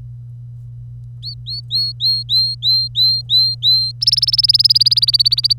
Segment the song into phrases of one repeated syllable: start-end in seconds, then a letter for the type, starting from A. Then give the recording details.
1.23-3.92 A, 4.01-5.53 B. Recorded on 25 April 2018 at 09:35. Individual llb3